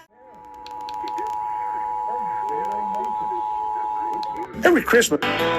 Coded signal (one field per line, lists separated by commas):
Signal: Emergency Alert System (SAME) tones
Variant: 853 and 960 Hz attention tone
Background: speech, music